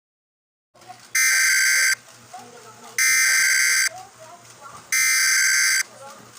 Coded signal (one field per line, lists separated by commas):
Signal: Emergency Alert System (SAME) tones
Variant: header bursts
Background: speech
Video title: EAS Scenario: Computer Virus - MDTTV